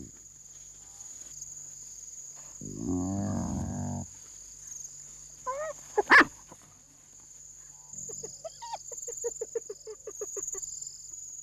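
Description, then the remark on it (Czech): Hyena greeting call made by a lower-ranking hyena approaching another: a low, harmonic groaning burst, a few squeals and a sharp snap, then a rapid run of short yelping squeaks, all over a steady high insect drone. “Pak vydá zvuk, který značí pozdrav.”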